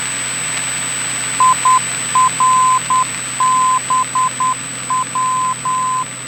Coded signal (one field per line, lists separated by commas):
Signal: Morse code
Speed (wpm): 10 wpm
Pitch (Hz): 1020 Hz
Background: none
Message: IRBW